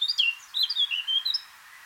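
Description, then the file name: A short blackcap song phrase of quick, sweet warbled notes lasting just over a second. "Sylvia atricapilla"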